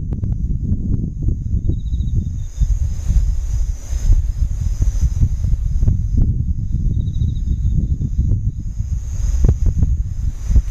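Insects drone in a steady high buzz with short trilling bursts near two and nine seconds, over constant low wind rumble.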